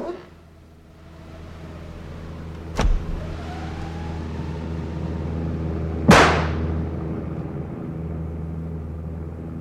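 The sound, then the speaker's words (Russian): A steady, low engine drone with a humming tone that slowly rises in pitch, like an airplane passing overhead. Two sharp, sudden bangs break through the drone. No voices. “Слышите, самолет!”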